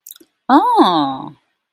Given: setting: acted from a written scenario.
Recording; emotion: vocal sound without words; interest